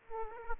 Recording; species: mosquito wingbeat signal from an infrared sensor; Aedes aegypti